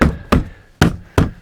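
The plastic hood panel of a UTV is pressed back down so its tabs seat into rubber grommets on the body. Four loud knocks land at 0.0, 0.3, 0.8 and 1.2 s, each fading quickly. The hood snaps fully into place.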